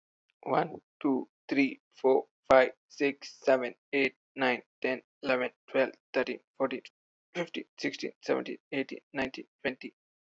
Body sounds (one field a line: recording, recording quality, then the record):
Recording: counting at a normal pace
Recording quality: excellent, no background noise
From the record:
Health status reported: healthy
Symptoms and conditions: none ticked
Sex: male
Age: 36 years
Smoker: not ticked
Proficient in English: yes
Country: India